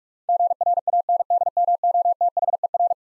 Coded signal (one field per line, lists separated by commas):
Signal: Morse code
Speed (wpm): 41 wpm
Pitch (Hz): 700 Hz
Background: none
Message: GRANDMOTHER